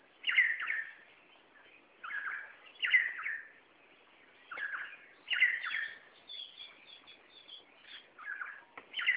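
Red spurfowl uttering loud raspy double notes, fainter first note and stronger second, recurring about every two and a half seconds.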